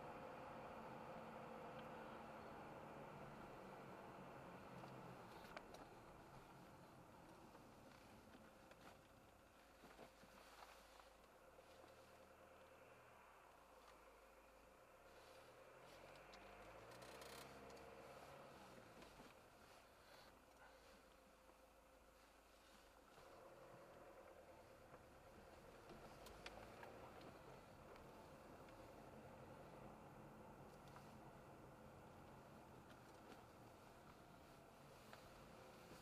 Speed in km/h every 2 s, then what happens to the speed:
57, 51, 38, 25, 0, 0, 0, 0, 0, 8, 5, 9, 21, 28, 34, 35, 30, 26.
0-8 brakes to 0. 8-16 standing. 16-21 steady at about 5. 21-28 speeds up to 34. 30-36 slows to 26.